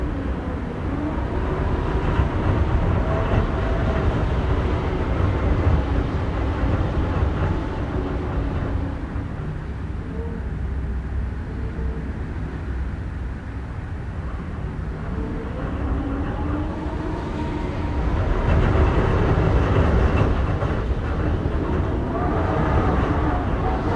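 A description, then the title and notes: Wind gusts howl past buildings over the low hum of a busy downtown, a dense rumble that never drops out. The roar swells around the start and again from about eighteen seconds, easing in between, with faint tonal whines drifting through. Windy Night, Windy City. The normally ever-present hum of the busy downtown takes a backseat to gusts of wind howling past concrete and glass.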